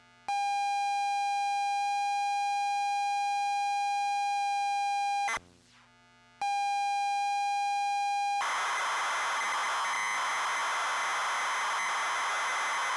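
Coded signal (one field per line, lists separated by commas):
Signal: ZX Spectrum tape loading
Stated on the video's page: TZX file of Wizball loading on a real UK ZX Spectrum +2, with the loader's special tones.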